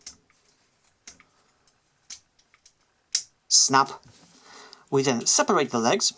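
A folding plastic part of a transforming action figure, the Deluxe Triggerhappy from Transformers: Titans Return, is flipped back and then flipped out with a few faint clicks. It snaps into position with a loud click at 3.1 s, and someone talks afterward.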